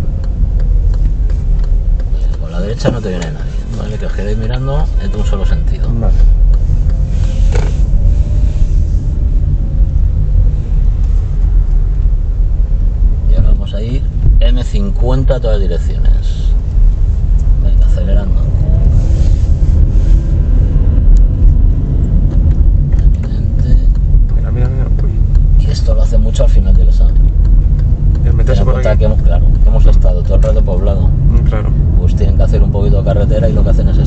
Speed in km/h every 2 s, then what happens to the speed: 10, 6, 7, 9, 13, 10, 10, 9, 10, 17, 23, 22, 19, 21, 22, 27, 34.
0-16 steady at about 10. 16-19 speeds up to 23. 19-25 steady at about 22. 25-34 speeds up to 34.